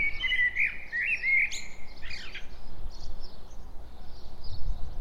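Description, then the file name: Common blackbird opening with a short mellow, warbled phrase, then scratchy high notes, followed by faint chirping over a low rumble. "Turdus merula"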